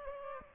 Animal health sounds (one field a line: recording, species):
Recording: mosquito wingbeat signal from an infrared sensor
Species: Aedes aegypti